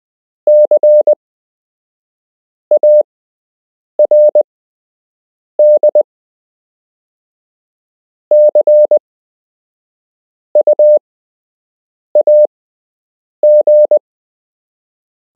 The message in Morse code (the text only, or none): CARD CUAG